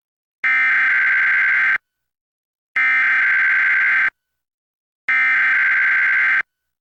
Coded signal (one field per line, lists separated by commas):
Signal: Emergency Alert System (SAME) tones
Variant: header bursts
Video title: EAS #1091-1092: 2 EAS Required Monthly Tests- July 7, 2025- 10:15AM PDT